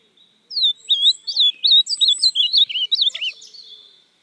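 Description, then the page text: Ultramarine grosbeak song: a continuous jumble of swooping, slurred whistles and rolling notes that runs for about three seconds, then fades away. "AZULÃO (Cyanoloxia Brissonii)"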